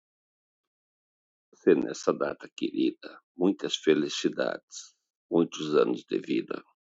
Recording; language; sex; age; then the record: short text; Brazilian Portuguese; male; 60 to 69 years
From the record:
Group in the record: control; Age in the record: 61 years